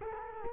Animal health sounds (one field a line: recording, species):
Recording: mosquito wingbeat signal from an infrared sensor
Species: Culex quinquefasciatus